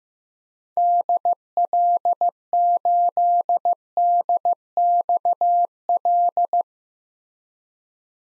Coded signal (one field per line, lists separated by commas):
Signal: Morse code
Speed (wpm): 16 wpm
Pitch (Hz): 700 Hz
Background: none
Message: DL8DXL